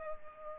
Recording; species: mosquito wingbeat signal from an infrared sensor; Culex pipiens